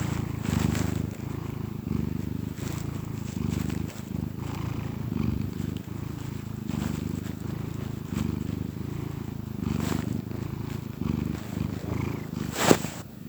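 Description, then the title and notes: Domestic cat purr, a low continuous rumble pulsing with breathing, punctuated by occasional clicks and a sharp knock near the end. Happy cat purring. "Cat Cafe and Art. Happy cat purrs"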